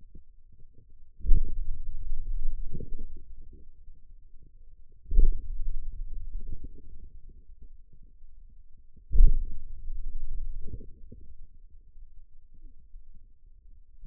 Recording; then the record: forearm muscle sounds (acoustic myography)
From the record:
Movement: hand opening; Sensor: system 2, bracelet of six BSWA MPA416 microphones around the upper forearm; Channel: 6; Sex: male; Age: 22 years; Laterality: right